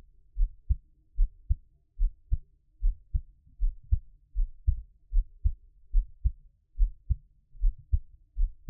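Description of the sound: Soft, low, dull thumps come in pairs at about 75 beats a minute, in a fairly even rhythm with no talking. It is an ordinary adult heartbeat at a normal resting rate, heard close up for ASMR relaxation listening, from Taiwan.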